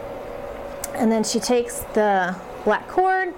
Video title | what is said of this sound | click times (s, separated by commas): Setting Up the Lumenis Encore Laser | and then just clicks right in. | 0.8 s